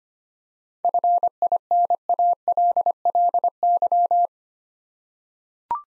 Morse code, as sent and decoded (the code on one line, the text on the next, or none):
..-. .. -. .- .-.. .-.. -.--
FINALLY